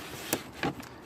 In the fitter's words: it should lock in place should hear a nice click